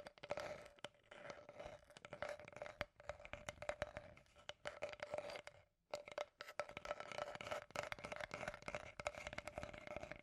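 Scratchy tapping runs almost continuously in dense, irregular clicks and scrapes, with a faint steady tone underneath and a brief pause near six seconds.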